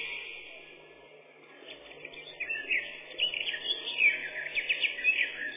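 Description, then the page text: Eurasian blackcap song starting softly amid a steady background hiss, then growing into a lively run of varied whistled and chattering notes. "Славка-черноголовка — Sylvia atricapilla"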